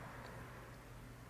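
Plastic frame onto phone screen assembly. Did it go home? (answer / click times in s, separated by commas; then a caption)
no / none. A plastic frame is being handled onto the screen assembly of a Nokia 2.1 phone during a screen replacement. Only a steady low hum with faint broadband noise is heard, with no sharp transients. Nothing has seated or clicked yet.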